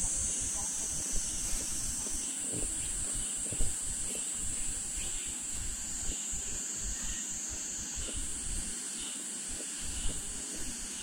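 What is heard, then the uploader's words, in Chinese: Cicadas shrill after rain at the Ming Xiaoling Mausoleum in Nanjing, a steady, dense, very high buzz that shifts pitch slightly near two and eight seconds. Beneath it, faint low rumbling and scattered soft knocks recur every second or so throughout. 坐落在南京紫金山独龙阜玩珠峰下，东毗中山陵，南临梅花山。南京明孝陵的雨后蝉鸣。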